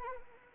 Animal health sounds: mosquito wingbeat signal from an infrared sensor; Anopheles arabiensis

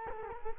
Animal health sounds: mosquito wingbeat signal from an infrared sensor; Culex quinquefasciatus

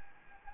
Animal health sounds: mosquito wingbeat signal from an infrared sensor; Anopheles gambiae

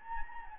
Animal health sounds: mosquito wingbeat signal from an infrared sensor; Anopheles gambiae

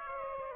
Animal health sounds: mosquito wingbeat signal from an infrared sensor; Aedes aegypti

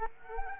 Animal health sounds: mosquito wingbeat signal from an infrared sensor; Culex quinquefasciatus

